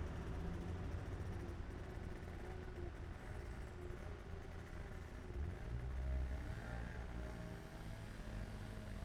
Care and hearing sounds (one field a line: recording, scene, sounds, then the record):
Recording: everyday scene through a hearing-aid microphone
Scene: in traffic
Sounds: traffic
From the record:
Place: main city hub, rush hour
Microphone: behind the ear, left, rear